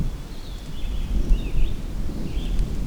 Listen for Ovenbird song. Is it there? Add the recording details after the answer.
no. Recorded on 24 June 2016 at 06:26. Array SBT-6-76